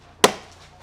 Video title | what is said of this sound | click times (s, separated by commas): How To: Remove Audi R8 Handles And Mirrors | to the top of the glass and you're going to come from underneath and you'll hear a click | 0.2 s